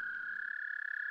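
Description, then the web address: American toad trill, a steady musical trill held on one pitch without break. Eastern North America. "Dan Gibson Wildlife Identification By Sound, Eastern North America Pt 1 44 American Toad"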